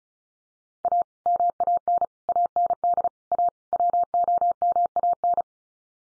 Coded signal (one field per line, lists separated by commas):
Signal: Morse code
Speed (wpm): 34 wpm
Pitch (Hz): 700 Hz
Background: none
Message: A MAN AND A WOMAN